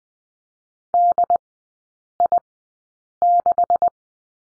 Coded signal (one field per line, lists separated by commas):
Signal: Morse code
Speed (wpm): 20 wpm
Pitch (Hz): 700 Hz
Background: none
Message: DI6